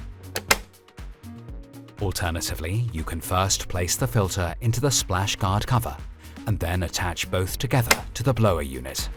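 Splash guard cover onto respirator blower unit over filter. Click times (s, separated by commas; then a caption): 0.4 s, 0.5 s. A plastic splash guard cover is placed over a gas filter on a Dräger X-plore 8500/8700 respirator blower unit and snaps into place, giving two close, sharp clicks at 0.4 s and 0.5 s over music. The cover is seated, and afterward someone talks over the music.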